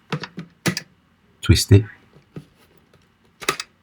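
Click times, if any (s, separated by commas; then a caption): 3.5 s, 3.6 s. The plastic top cover with the stretch handle is placed on a VAX Air Stretch Pet Max vacuum cleaner body and twisted, with short plastic knocks and rattles early on while someone talks. It clicks on at 3.5 s and 3.6 s, and a pull confirms it is firmly located and seated.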